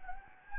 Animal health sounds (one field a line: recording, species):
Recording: mosquito wingbeat signal from an infrared sensor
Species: Anopheles gambiae